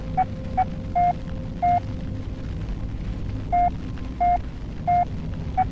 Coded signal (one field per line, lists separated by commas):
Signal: none